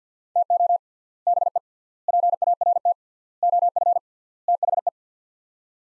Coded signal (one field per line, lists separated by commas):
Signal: Morse code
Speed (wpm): 50 wpm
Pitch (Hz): 700 Hz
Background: none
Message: TO BE PART OF THE